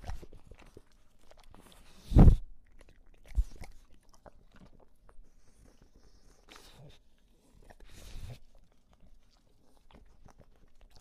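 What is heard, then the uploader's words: An English Bulldog crunches and chews kibble, with a steady scatter of wet, clicking bites throughout. A loud snort bursts out just after two seconds, with smaller snuffling breaths near three and a half and eight seconds. English Bulldog Eating. The English Bulldog, as he devours his kibble in between classic bulldog snorting and heavy breathing.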